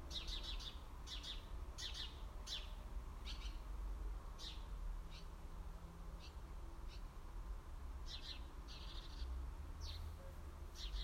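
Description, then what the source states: House sparrows chirping: short bright chirps repeated irregularly throughout, sometimes in quick pairs or triplets, over a low steady background rumble. Several house sparrows.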